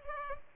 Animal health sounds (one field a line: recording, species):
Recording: mosquito wingbeat signal from an infrared sensor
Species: Culex pipiens